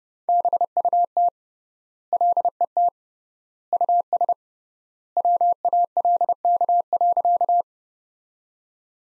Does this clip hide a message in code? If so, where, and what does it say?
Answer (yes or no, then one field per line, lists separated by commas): yes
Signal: Morse code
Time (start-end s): 0.3-7.6 s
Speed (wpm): 30 wpm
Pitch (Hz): 700 Hz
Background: none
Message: BUT LET US WALK.